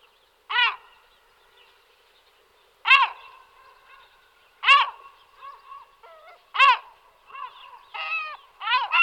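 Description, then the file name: Herring gull calls: a harsh, abrupt downslurred cry repeated about every two seconds, with softer mewing notes between and a few quicker cries at the end. Source lists the bird under both Larus argentatus and Larus cachinnans. "Racek stribrity Larus argentatus Larus cachinnans"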